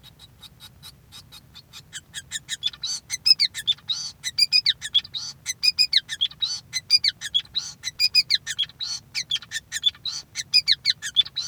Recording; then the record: song of a male Bengalese finch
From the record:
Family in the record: son of father 5